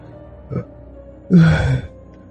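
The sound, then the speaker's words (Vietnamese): A short breathy intake, then a longer, louder open-mouthed yawn with a low voiced groan that tapers off, heard alone without speech. “Hiếu ngáp ngáp mấy cái rồi đưa tay vuốt mặt trả lời.”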